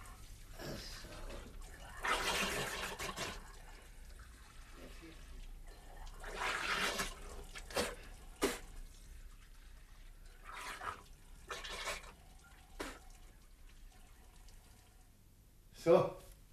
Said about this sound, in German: Ich steck bloß mal den Kopf unter die Wasserleitung.